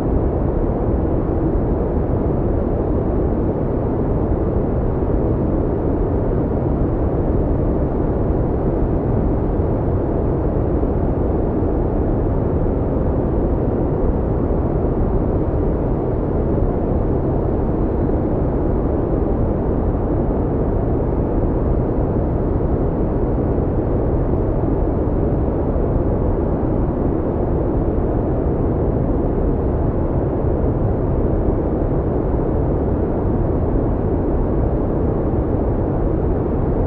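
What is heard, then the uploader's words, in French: Brown noise with a deep, warm tone: a steady, dense rumble weighted toward the low end, with little above the midrange and nothing bright on top. It holds at one even level for the whole stretch, without events or variation. Le bruit marron a un ton plus profond et plus chaud. Ressentez la bande-son constante et ronflante.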